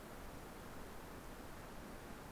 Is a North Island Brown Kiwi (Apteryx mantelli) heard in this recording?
no